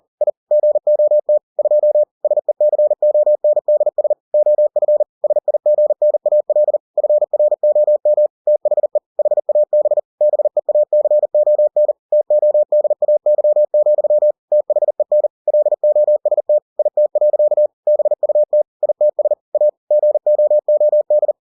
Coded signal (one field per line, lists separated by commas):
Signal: Morse code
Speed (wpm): 40 wpm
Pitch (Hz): 600 Hz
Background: none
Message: I GOT 2 SECONDS OF SIGNAL FROM THE HAB BEACON TODAY, THEN LOST IT. BUT ITS A GOOD